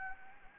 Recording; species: mosquito wingbeat signal from an infrared sensor; Anopheles gambiae